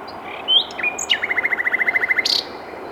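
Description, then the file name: Common nightingale giving a couple of thin upslurred notes, then a steady rapid trill of repeated clicking notes lasting over a second, ending in a high squeak. "Luscinia megarhynchos"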